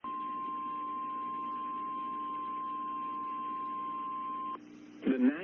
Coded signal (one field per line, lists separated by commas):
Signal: Emergency Alert System (SAME) tones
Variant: 1050 Hz attention tone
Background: speech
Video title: Menomonie WI Severe Thunderstorm Warning WXJ88 7 34 PM NOAA EAS 5 9 22